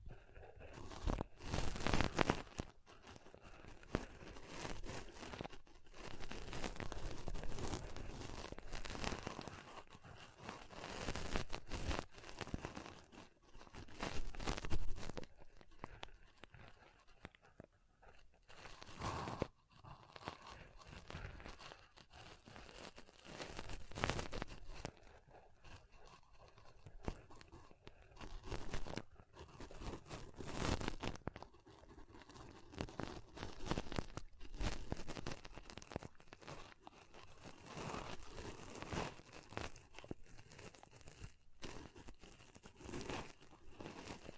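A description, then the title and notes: Fluffy pom poms are rubbed, squeezed and brushed in a steady run of soft crinkly, scratchy rustles that come in dense bursts every second or two. A few sharper, louder crunching swipes stand out near the start, the middle and late on, with brief quiet gaps between. ASMR Ultimate Pom Pom Tingles (No Talking).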